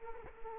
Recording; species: mosquito wingbeat signal from an infrared sensor; Culex quinquefasciatus